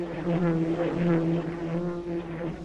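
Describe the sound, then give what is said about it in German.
A dragonfly buzzes as it wakes and its body stretches, in a steady, low droning hum that holds at an even pitch and loudness for a few seconds, with slight wavering in tone and no voices. “Es summt und der Körper streckt sich.”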